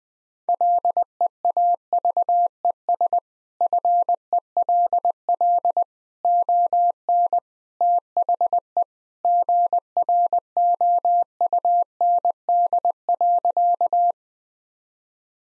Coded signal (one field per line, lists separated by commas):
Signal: Morse code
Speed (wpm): 20 wpm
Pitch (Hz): 700 Hz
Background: none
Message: LEAVES FELL ON THE GROUND.